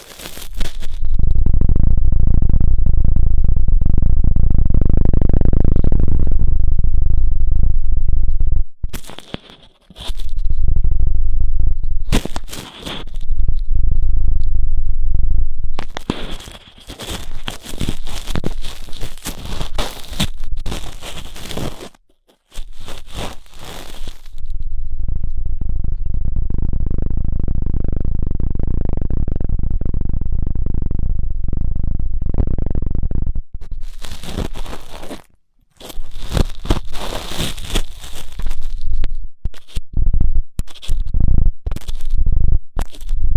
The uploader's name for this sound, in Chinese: 3D颅内直升机 穿过大脑的强力掏耳